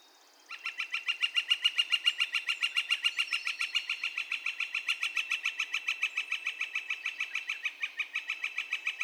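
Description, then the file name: Northern flicker call series: loud, strident notes repeated rapidly and evenly, about three or four per second, continuing throughout after a short quiet start. Calls; recorded 2 May 2020. "2020-05-02 Northern Flicker- Calls"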